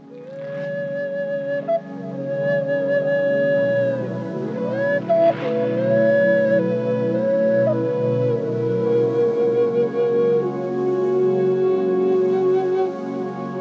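Whale song: long sustained tonal moans that waver and glide slightly.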